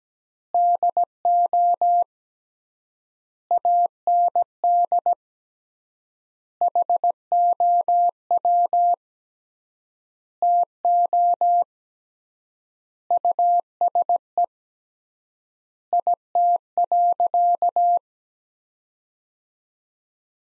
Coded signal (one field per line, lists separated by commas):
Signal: Morse code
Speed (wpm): 17 wpm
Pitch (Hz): 700 Hz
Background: none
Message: DO AND HOW TO USE IT.